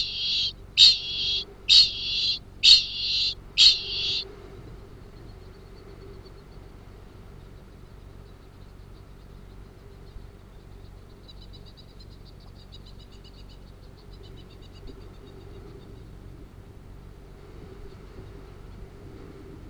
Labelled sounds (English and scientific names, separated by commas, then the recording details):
Kākāpō (Strigops habroptilus) ching call
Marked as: faintness 1/5
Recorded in New Zealand
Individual Arab